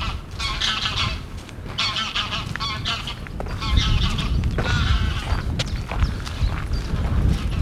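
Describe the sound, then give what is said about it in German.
A flock of geese flying overhead in formation honks steadily, one breaking out of the formation, many overlapping nasal calls repeating in bursts over a low, rumbling wind-like background, with no one speaking. “Gänseinformationsflug. Eine schert aus.”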